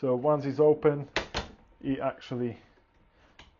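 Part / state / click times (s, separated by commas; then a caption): side lock of a printer enclosure door / seated / 3.4 s. A printer enclosure door is opened and its side lock engages with a single sharp click at 3.4 s, locking the door in place so it can't be pushed or moved by accident. Someone talks beforehand.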